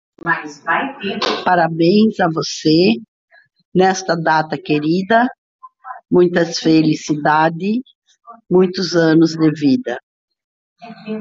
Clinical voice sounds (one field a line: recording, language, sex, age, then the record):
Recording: short text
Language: Brazilian Portuguese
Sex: female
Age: 60 to 69 years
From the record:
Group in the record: control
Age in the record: 68 years